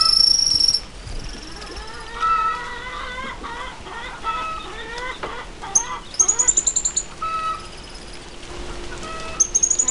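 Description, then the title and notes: Cattle tyrant calls as bursts of thin, high, rapidly repeated squeaks, mixed with lower harmonic whining and chattering notes over steady background noise. Song of penetrating twitters; male and female sing in duet with strong, rapid notes. "Museo de Ciencias de Bahía Blanca. Picabuey (Machetornis rixosa)"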